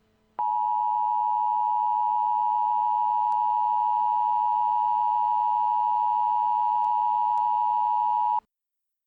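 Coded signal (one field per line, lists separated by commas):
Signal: Emergency Alert System (SAME) tones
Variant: 853 and 960 Hz attention tone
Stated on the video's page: Real Civil Emergency Message issued for part of Florida ahead of Hurricane Hermine.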